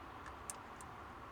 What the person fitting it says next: وقتی کمی آن را فشار می‌دهیم، صدای کلیک می‌دهد.